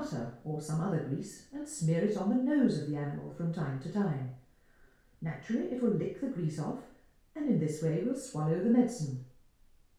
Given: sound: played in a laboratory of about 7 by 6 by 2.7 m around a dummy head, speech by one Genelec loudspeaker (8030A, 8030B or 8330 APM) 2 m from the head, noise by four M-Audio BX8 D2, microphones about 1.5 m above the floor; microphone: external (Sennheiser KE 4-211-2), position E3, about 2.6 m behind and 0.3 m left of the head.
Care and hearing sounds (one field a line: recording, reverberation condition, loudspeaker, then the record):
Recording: female speech in English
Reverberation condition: medium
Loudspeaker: 150 degrees to the left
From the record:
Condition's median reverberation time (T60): about 510 ms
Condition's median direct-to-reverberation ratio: about -0.5 dB